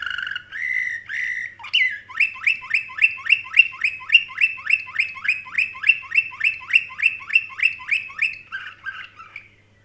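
Canary song: a few warbled notes, then a long, even series of sharp repeated chirps, about three per second, ending in a brief soft warble.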